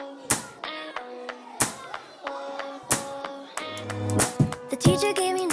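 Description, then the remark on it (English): A ruler smacks down on a classroom table in sharp, loud cracks, about four of them at a steady slow pace, each followed by a brief ringing buzz and lighter tapping in between. “Or like the ruler hitting the table.”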